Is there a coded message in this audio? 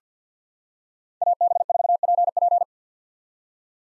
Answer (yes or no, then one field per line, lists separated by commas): yes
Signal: Morse code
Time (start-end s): 1.2-2.6 s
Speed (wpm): 46 wpm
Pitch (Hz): 700 Hz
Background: none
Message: AB4PP